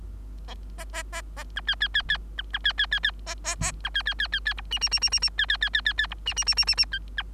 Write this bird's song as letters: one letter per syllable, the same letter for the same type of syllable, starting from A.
A A A A B C C C C B B C C C C A A A B C C C C C D E E E E E E C C C C C C D E E E E E E C B